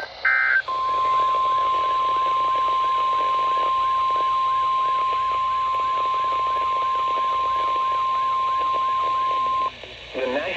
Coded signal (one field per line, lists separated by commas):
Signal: Emergency Alert System (SAME) tones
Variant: 1050 Hz attention tone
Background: speech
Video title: Your Typical June Afternoon- EAS Alerts from 6/16 & 6/17/22 - EAS 716-773